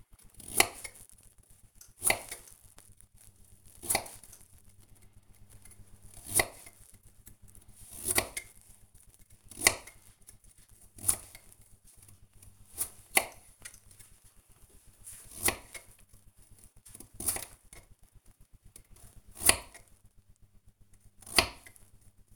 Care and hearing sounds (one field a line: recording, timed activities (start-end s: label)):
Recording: household activities, microphone on the right wrist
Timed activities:
0.00-22.36 s: cutting vegetables